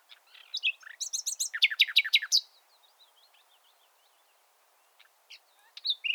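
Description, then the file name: Common nightingale song: a burst of varied chirps and fast repeated notes, a short quiet spell, then a few scattered notes resuming. "Luscinia megarhynchos"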